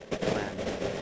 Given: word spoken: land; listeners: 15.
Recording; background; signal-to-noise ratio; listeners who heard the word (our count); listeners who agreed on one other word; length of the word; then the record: one English word in noise, from a listening test; noise modulated by three-talker babble; -7.2 dB; 1 of 15; 7 of 15; 0.62 s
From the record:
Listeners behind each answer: 7, 2, 1, 1, 1, 1, 1, 1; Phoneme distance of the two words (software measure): 14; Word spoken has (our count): 1 syllable, 4 phonemes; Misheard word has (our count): 1 syllable, 4 phonemes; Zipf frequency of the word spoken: 5.18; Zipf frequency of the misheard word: 5.20